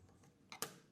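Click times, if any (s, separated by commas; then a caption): 0.5 s, 0.6 s. A second crimped contact is pressed from the back with a tool into a plastic Anderson Powerpole connector housing (15A, 30A or 45A). Two sharp clicks are heard, at 0.5 s and 0.6 s, the second one louder. The contact snaps and latches into the housing and is seated.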